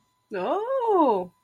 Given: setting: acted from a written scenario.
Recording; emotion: vocal sound without words; positive surprise